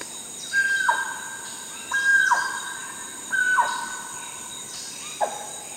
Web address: Natures Songs S America Primates of the Rainforest Guianan black spider monkey